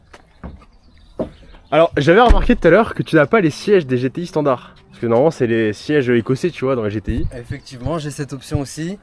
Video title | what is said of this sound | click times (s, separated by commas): Golf 7 GTI + Stage 1 = Le combo parfait ? (Présentation) | Et alors remballer, c'est comme ça que ça marche. Un petit clic sympa. | 0.1 s, 0.4 s